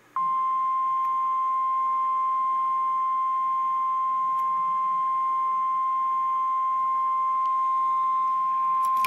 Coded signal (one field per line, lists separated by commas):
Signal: Emergency Alert System (SAME) tones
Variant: 1050 Hz attention tone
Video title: REAL EAS 620-Flash Flood Warning